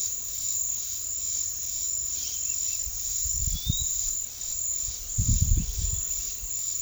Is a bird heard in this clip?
yes